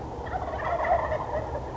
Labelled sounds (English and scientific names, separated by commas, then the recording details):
Wild Turkey (Meleagris gallopavo)
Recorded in Sonoma County, California